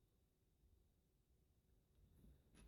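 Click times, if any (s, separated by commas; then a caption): none. A plastic construction-toy piece is pressed onto a custom leg assembly, and it does not snap in fully because of where it sits. Mostly quiet, low background rumble is heard, with a brief soft rustle near the end. Nothing has seated or clicked.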